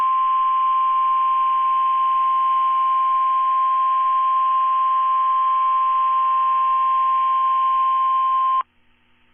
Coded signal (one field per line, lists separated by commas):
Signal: Emergency Alert System (SAME) tones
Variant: 1050 Hz attention tone